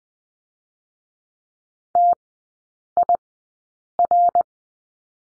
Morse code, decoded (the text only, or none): TIR